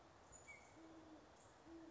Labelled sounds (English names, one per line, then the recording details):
Great Horned Owl
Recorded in Sonoma County, California